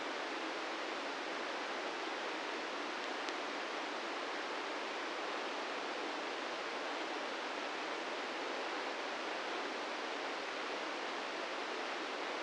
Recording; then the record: brain microelectrode recording played as sound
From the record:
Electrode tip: inside the subthalamic nucleus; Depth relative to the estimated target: -2 mm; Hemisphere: left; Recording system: NeuroSet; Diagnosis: Parkinson's disease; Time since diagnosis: 13 years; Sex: male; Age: 66 years